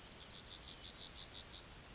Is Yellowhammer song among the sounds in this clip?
yes